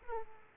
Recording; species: mosquito wingbeat signal from an infrared sensor; Aedes aegypti